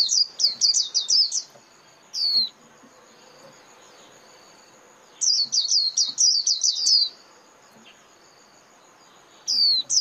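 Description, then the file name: White-eye calls in short bursts of rapid, high downslurred chirps, separated by several seconds of near silence with faint hiss. Lure call (mồi) used for trapping white-eyes. "Tieng khuyen moi"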